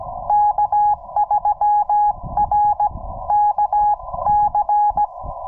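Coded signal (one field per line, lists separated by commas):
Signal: Morse code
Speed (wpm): 15 wpm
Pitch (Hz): 830 Hz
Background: none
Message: K3RKC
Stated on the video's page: CW sent with paddles on a Yaesu FT-891 at 25 watts during a SOTA summit activation, using a 17-ft whip antenna on a tripod.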